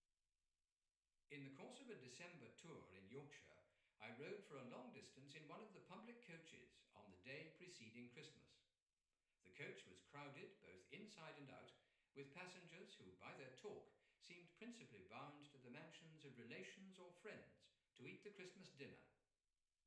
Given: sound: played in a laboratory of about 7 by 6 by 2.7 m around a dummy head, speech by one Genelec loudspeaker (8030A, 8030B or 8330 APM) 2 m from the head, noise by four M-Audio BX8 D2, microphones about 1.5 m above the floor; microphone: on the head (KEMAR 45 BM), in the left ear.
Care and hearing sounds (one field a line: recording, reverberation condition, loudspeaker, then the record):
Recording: male speech in English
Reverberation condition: medium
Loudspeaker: in front (0 degrees)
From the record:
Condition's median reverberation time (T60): about 510 ms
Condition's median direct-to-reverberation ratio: about -0.5 dB